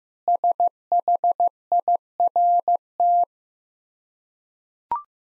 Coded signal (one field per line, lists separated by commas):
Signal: Morse code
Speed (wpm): 15 wpm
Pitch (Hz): 700 Hz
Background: none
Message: SHIRT